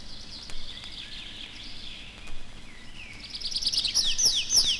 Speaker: Песня лесного конька слышна над лесными опушками и зарастающими сечами.